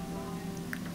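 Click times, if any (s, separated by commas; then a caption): none. A metal spring retaining clip is handled on the drive motor mount of a Whirlpool top-load washer being repaired because it keeps stopping during spin; the clip has been inserted vertically and twisted horizontal, ready to be pushed up from underneath. A steady low hum runs throughout, with a brief sharp tick at 0.7 s. Nothing has seated or clicked into place yet.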